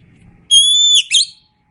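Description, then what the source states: Oriental magpie-robin giving one long, pure, steady whistle followed by a short, buzzy twittered flourish. Indonesian name kacer; described as gacor, meaning singing vigorously.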